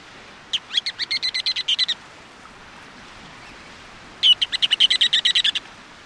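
Bird calling in quick runs of sharp, buzzy chirps, around ten to twelve notes per run, two runs with a pause between.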